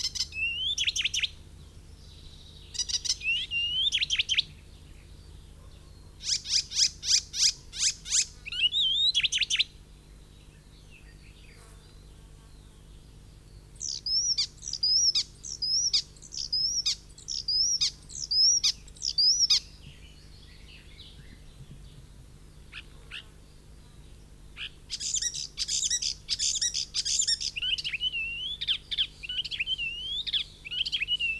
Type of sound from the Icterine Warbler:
song